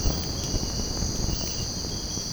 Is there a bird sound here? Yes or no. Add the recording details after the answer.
no. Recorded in secondary vegetation near Puerto Asís, Putumayo, Colombia, on 19 March 2025 at 05:30. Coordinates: 0.481, -76.318. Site G097